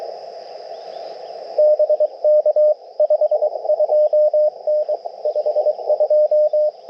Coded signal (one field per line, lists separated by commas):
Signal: Morse code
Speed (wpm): 22 wpm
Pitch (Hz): 600 Hz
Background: none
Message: BK 52N 52